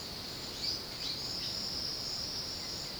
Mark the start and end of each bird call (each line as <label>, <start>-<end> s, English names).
Southern Beardless Tyrannulet, 2.33-3.00 s